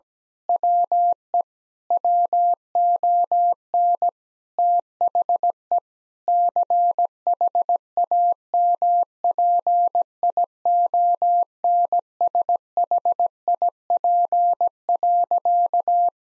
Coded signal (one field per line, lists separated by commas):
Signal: Morse code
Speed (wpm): 17 wpm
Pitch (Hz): 700 Hz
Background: none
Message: WE WON THE CHAMPIONSHIP.